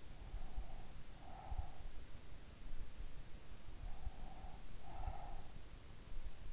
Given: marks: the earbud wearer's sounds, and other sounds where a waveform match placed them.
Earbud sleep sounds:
sounds in sleep by an in-ear microphone; breath
0.02-1.98 s: breath
4.02-5.58 s: breath

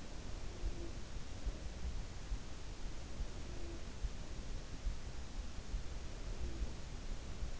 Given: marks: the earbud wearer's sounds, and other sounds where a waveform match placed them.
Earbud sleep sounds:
sounds in sleep by an in-ear microphone; breath
0.00-1.49 s: breath
2.99-4.28 s: breath
5.81-7.48 s: breath

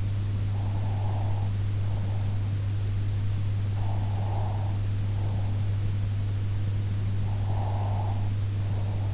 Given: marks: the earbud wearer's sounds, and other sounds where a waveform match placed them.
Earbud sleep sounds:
sounds in sleep by an in-ear microphone; breath
0.56-2.39 s: breath
3.74-5.54 s: breath
7.34-9.13 s: breath

